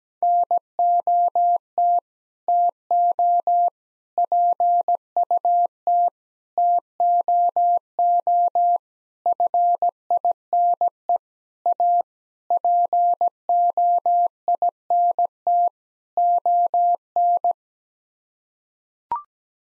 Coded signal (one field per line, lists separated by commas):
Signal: Morse code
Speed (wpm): 17 wpm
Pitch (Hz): 700 Hz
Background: none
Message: NOT TO PUT TOO FINE A POINT ON